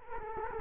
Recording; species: mosquito wingbeat signal from an infrared sensor; Culex quinquefasciatus